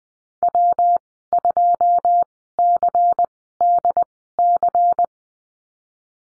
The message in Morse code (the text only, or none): W2CDC